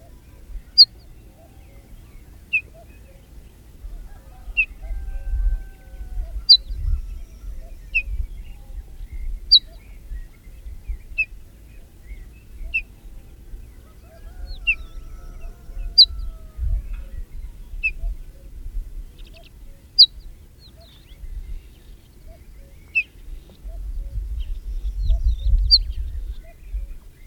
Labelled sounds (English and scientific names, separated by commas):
Ortolan Bunting (Emberiza hortulana) call